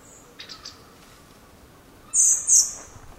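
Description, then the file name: Common blackbird giving two sharp, very high, thin calls in quick succession after a few faint high notes, over a quiet background. "Turdus merula"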